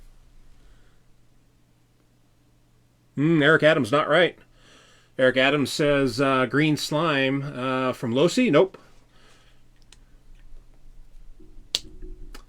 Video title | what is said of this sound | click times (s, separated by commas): Team Associated RC10CC Build - ASC6004 Kit | so know these are in when you hear that snap | 11.8 s